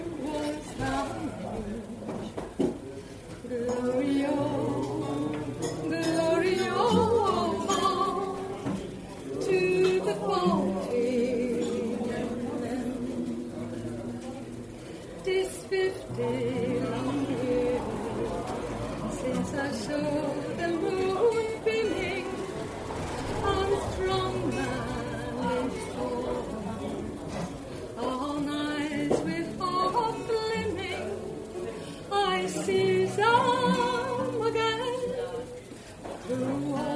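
A lively bar ambience, full of overlapping voices talking at once in a steady, dense murmur. Individual voices rise and fall throughout, with a few louder bursts of speech around the middle and near the end, over a low continuous rumble.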